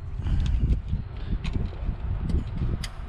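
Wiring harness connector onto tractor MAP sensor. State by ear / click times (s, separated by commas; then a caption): seated / 2.8 s. The wiring harness connector of an AG Diesel Solutions electronic performance module is turned onto the MAP sensor of a John Deere tractor and pushed down. Low rumbling handling noise with small taps around 0.5 s and 1.5 s leads to a sharp click at 2.8 s as the connector seats onto the sensor.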